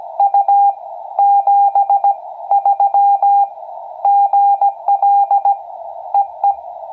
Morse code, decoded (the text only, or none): U 73 GL EE